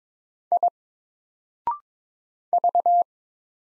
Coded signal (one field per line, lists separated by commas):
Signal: Morse code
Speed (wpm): 22 wpm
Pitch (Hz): 700 Hz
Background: none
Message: I V